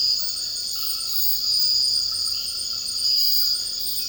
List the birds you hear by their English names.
none